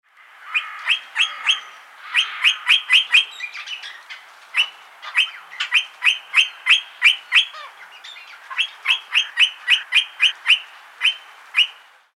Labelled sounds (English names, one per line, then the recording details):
Eastern Rosella
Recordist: Tembrock, Günter
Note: Lautfolgen